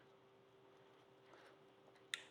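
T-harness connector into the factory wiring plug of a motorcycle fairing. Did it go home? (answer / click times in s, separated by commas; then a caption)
yes / 2.1 s. A newly wired T-harness connector is pushed into the factory plastic wiring plug of a motorcycle fairing and locked down. Faint handling rustle sits over a steady low hum, then a single sharp click at 2.1 s shows the connector has seated.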